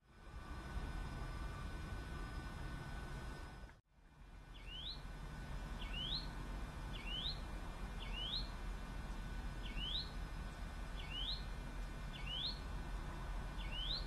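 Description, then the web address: A bird gives short, sharply rising upslurred notes, repeated at steady intervals from about five seconds on, over a steady loud low rumble and a faint constant hum. Recorded 16 March 2006, PM, at Bexar. "bexar Many Birds"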